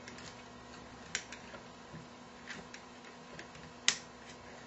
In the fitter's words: Okay, you heard that snap into place.